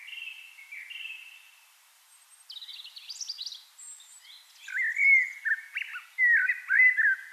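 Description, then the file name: Eurasian blackbird song: soft fluted phrases, then a squeaky, high twittering flourish, and louder mellow phrases near the end. "Turdus merula"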